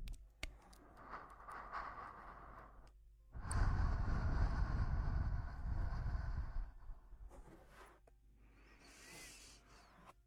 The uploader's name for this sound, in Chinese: 耳边呼吸 吹气